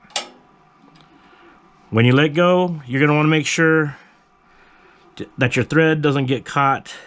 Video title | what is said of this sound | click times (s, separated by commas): Melco EMT16X Embroidery Machine Bobbin Case and Bobbin Install | just rides right in there and you'll hear a click | 0.2 s